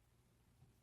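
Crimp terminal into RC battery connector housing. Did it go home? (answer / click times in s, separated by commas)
no / none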